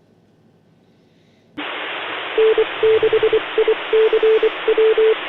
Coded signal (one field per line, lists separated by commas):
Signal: Morse code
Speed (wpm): 24 wpm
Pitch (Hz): 440 Hz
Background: radio noise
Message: N6ICW